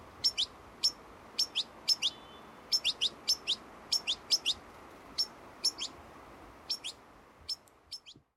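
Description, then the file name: European goldfinch giving sharp, high twittering notes, mostly singles and pairs spaced irregularly, with a soft steady hiss underneath. "Carduelis carduelis"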